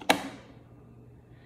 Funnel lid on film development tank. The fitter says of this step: make sure it clicks and then in the changing bag i turn it upside down and give it a little wiggle